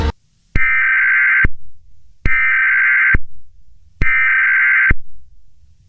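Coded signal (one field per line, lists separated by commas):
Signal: Emergency Alert System (SAME) tones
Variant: header bursts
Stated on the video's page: Mock EAS Dust Storm Warning, a recreation rather than a real broadcast.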